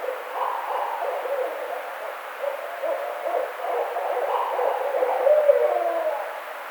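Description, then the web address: Barred owl calling, a rambling series of low hoots with a drawn-out descending note near the end, over constant background hiss. Recorded 4 May 2009. "sounds birds Barred Owl 2009 05 04 Barred Owl"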